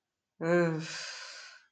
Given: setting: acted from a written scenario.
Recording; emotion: vocal sound without words; contempt